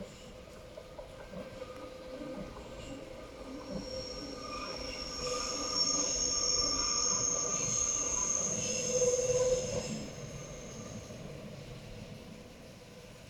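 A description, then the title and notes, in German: The Himmelstreppe train rolls past with a steady low rumble, and wheel squeal rises in high whines, peaking around six to ten seconds. Himmelstreppe fährt entlang Stausee Wienerbruck.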